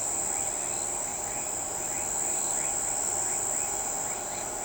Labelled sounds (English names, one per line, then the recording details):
none
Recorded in shrubland near Pivijay, Magdalena, Colombia, on 15 April 2023 at 05:00
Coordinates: 10.453, -74.365
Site P5-G022